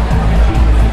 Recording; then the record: background sound without coughing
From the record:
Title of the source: Party Noise 1 Hour Party Ambience